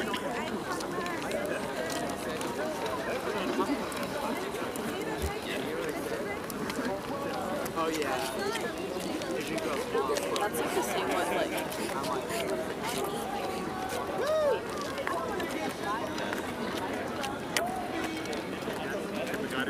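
Hundreds of people go about their activities on Tempelhofer Freiheit in Berlin, a dense, steady wash of many overlapping voices chattering at once. The crowd murmur never lets up, with small clicks and brief higher calls poking through, one around fourteen seconds.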